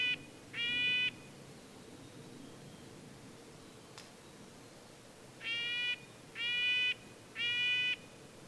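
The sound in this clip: Red-breasted nuthatch calling with short nasal, tinny toots, two early and then three spaced about a second apart after a quiet pause with a single click.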